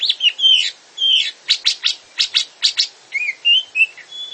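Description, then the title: Grey-cheeked bulbul song: short whistled phrases alternating with rapid, harsh chattering notes in quick succession. "Kicau Burung Cucak Jenggot"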